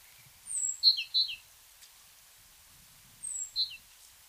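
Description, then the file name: Great tit calls: two bursts, each a thin high note sliding down, then short sharp notes with downward tails, the second burst about three seconds later and shorter. "Parus major"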